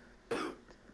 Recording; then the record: coughing mixed with background sound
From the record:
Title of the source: Coughing 77